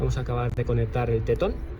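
Someone talks while handling the electrical wiring connector of a newly fitted diesel glow plug on a Mercedes W203 220 CDI, about to push it back onto the plug. The connector has not seated or clicked yet; only speech is heard.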